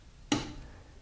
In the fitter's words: push, and it clicked.